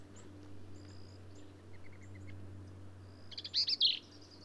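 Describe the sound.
Black-capped vireo song, one brief scratchy high phrase near the end, after faint high whistles and chips over a low hum.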